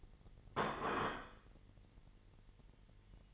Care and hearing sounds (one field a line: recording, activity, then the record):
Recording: daily activity, microphone in the room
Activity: place plate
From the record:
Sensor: 4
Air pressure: 989.4 hPa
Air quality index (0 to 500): 212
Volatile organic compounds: 61 ppm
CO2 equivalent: 3427 ppm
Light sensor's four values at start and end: 26/91/33/35 and 26/91/33/35